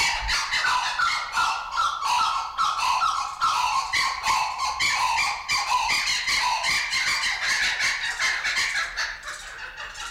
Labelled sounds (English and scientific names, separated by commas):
Blue-winged Kookaburra (Dacelo leachii) call